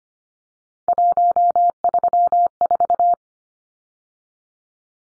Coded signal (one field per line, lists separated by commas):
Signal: Morse code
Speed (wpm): 25 wpm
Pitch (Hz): 700 Hz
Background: none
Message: 134